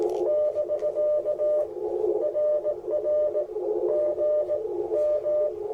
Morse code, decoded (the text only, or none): <BK> RR G M